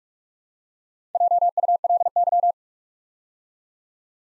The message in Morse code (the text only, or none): JULY